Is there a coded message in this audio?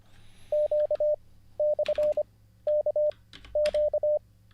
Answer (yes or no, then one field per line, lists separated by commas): yes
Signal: Morse code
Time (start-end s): 0.5-4.2 s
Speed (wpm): 26 wpm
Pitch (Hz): 600 Hz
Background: none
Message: Q/KQ